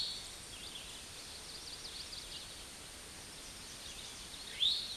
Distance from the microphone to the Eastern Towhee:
about 10 m